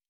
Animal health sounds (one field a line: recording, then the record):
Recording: hydrophone in a shrimp aquaculture tank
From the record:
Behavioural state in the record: normal